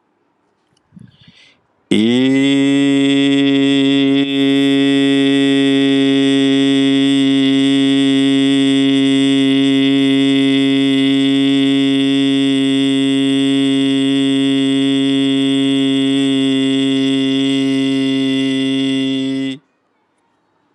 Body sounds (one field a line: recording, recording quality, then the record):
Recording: sustained vowel as in beet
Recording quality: excellent, no background noise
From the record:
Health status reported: healthy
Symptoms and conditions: hypertension, diabetes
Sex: male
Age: 65 years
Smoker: not ticked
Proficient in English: yes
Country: India